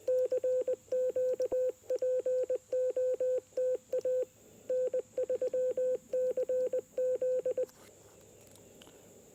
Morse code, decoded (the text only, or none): CQ POTA N3CZ